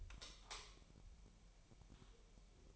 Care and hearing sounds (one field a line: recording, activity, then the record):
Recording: daily activity, microphone in the room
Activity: light off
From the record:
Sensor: 1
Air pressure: 1001.9 hPa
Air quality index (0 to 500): 249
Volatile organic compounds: 54 ppm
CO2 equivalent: 3350 ppm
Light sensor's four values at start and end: 9/28/10/12 and 5/11/4/5